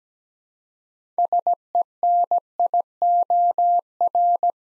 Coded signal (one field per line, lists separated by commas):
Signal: Morse code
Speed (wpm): 17 wpm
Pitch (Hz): 700 Hz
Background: none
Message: SENIOR